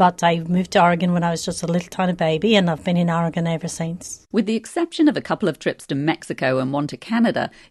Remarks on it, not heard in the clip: She'd developed a rare condition called foreign accent syndrome that's usually caused by an injury to the part of the brain that controls speech. She was put under anesthesia during dental surgery, and she woke up speaking with an accent.